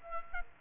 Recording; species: mosquito wingbeat signal from an infrared sensor; Culex quinquefasciatus